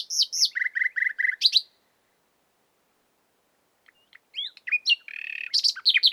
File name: Luscinia megarhynchos